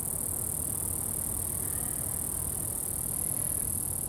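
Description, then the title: Crickets keep up an even, piercing high trill against a dense bed of low wind. Crickets recorded at Atins, Brazil, with wind in the background. "Atins, Brésil - Grillons - Crickets"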